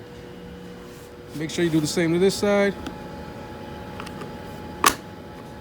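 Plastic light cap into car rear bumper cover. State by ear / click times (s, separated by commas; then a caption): seated / 4.9 s. On a 2019 Toyota Camry XSE, the matching plastic light cap on the other side is pressed into the rear bumper cover. Someone talks over a steady hum, then a sharp snap at 4.9 s marks the cap seating in the bumper.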